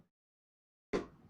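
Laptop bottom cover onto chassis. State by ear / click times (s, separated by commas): not seated / none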